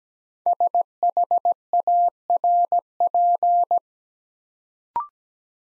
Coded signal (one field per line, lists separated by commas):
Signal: Morse code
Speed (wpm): 17 wpm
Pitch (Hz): 700 Hz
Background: none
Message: SHARP